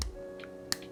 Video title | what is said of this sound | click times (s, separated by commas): OneUp components bash guide V.2 install | There's the click. | 0.7 s